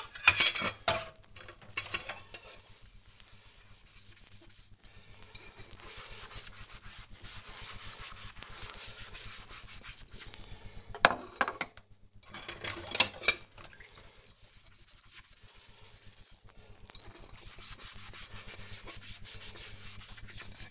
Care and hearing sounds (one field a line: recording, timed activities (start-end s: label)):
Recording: household activities, microphone on the right wrist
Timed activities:
0.00-20.71 s: washing dishes